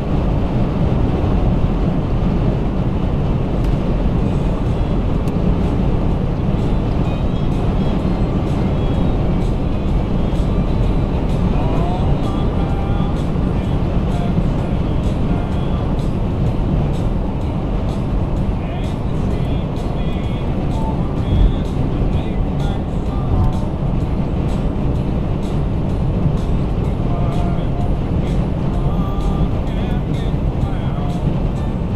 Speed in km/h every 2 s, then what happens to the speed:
167, 166, 163, 163, 163, 163, 159, 158, 153, 151, 155, 151, 151, 151, 151, 151.
0-32 slows to 151.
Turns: none.